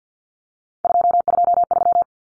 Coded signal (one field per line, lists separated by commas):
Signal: Morse code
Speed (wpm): 50 wpm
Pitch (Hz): 700 Hz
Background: none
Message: 223